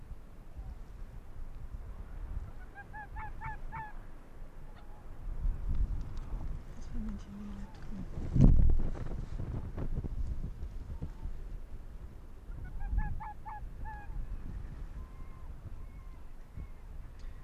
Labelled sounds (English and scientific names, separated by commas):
Arctic Fox (Vulpes lagopus)